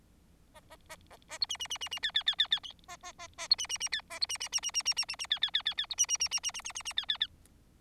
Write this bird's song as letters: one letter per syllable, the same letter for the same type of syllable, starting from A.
A A A A A B C C C C C D D D D D A A A A B C C C D A B C C C C C C C C C D D D D D B C C C C C C C C C D D D